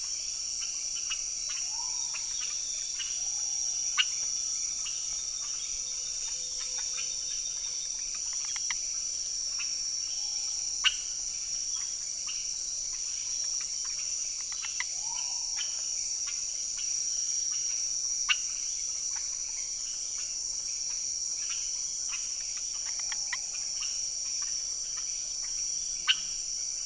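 Amphibians call near the ground as rain approaches, giving short, low, rising notes every few seconds against a dense, steady, high insect drone. Sharp clicks and ticks pop out now and then, loudest around 4, 11, 18 and 27 seconds.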